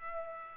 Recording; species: mosquito wingbeat signal from an infrared sensor; Culex pipiens